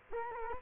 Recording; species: mosquito wingbeat signal from an infrared sensor; Culex quinquefasciatus